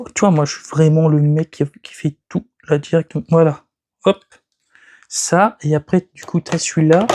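Someone talks while handling a plastic stand piece for the three-part plastic display stand (base) of an action figure, getting ready to fit it directly into place. Brief faint handling sounds occur around 4.5 s and 4.8 s during a pause in the talking. Nothing has seated or clicked yet.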